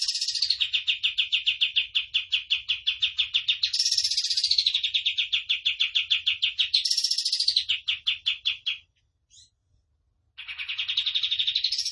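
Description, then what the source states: Tembakan bird song of quick, evenly pitched chipping notes with a few higher ringing flourishes, falling silent for a moment before resuming. Tutor song for training caged birds; a lively, continuously singing (gacor) Tembakan bird.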